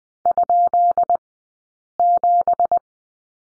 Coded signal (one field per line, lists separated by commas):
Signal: Morse code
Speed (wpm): 20 wpm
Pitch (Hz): 700 Hz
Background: none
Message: ?7